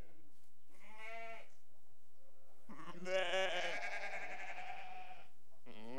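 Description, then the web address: Sheep bleats, one quavering call near one second, then a long harsh wavering bleat from about three to five seconds, with another starting at the very end. Restless sheep. "BBC Sound Effects Library. Sheep Restless"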